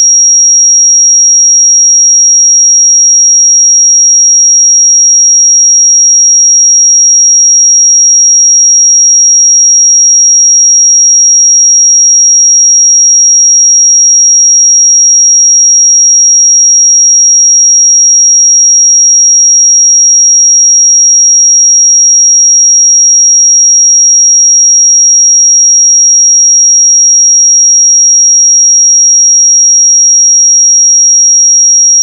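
A pure 5646 Hz sine tone holds perfectly steady and bright for the whole stretch, unchanging in pitch and loudness, with nothing else around it.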